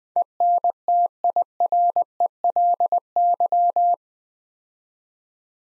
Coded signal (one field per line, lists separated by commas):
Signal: Morse code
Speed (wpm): 20 wpm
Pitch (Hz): 700 Hz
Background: none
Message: ENTIRELY